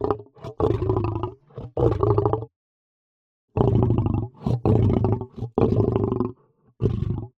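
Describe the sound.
Lion growling and moaning, low rough rumbling grunts in two groups split by a silent gap of about a second.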